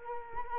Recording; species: mosquito wingbeat signal from an infrared sensor; Culex quinquefasciatus